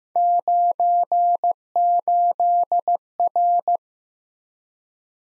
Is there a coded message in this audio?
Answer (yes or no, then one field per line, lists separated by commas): yes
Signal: Morse code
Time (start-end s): 0.2-3.8 s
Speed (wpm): 15 wpm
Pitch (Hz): 700 Hz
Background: none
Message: 98R